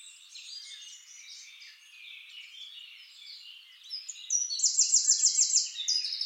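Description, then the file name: Eurasian wren: faint high chatter at first, then a loud, rapid, metallic trill of evenly repeated notes near the end. "Troglodytes troglodytes"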